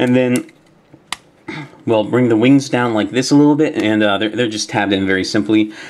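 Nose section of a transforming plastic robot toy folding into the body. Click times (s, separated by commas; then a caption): 1.1 s. The nose section of a large plastic transforming robot toy is swung back and folded into the body during transformation prep, and it clicks into its locked position with a sharp snap at 1.1 s. Someone talks before and after the click.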